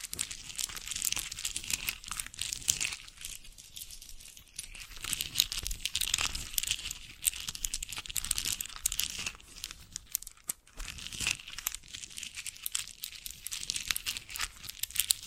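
Busy rustling and crinkling, as if bracelets and jewelry boxes are being handled. The sound is bright and dense, with soft scrapes and small clicks going on almost without pause, and a brief quieter moment near ten seconds.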